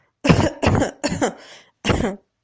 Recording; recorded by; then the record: voluntary cough; messaging app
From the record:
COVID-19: negative